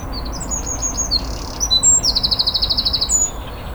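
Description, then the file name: Eurasian wren singing a fast string of sharp, high notes that breaks into a rattling trill of rapid repeated pulses before stopping. "Troglodytes troglodytes"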